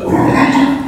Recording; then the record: squeal of a Yucatan mini pig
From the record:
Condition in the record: after surgery on the right vocal fold (resection and tissue-engineered implant); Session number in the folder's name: 4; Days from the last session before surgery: 26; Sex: female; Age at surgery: 19 weeks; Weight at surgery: 25 kg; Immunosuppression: prednisolone